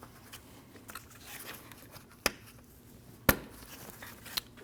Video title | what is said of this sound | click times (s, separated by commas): How to Replace Radiator Cooling Fan Assembly 2014-2023 Jeep Cherokee | Wait for the click. | 2.3 s, 3.3 s